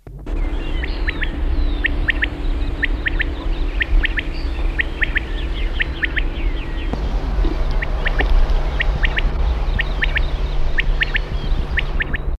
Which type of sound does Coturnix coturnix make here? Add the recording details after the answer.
call. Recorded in the wild. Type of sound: call. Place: Meßstetten, Baden-Württemberg, DE. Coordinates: 48.1833, 8.9667. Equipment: Halbspur, 9,5 cm/s. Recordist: Lütgens, Hans. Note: Rufe